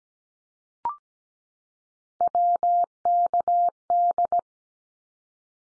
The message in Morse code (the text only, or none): WKD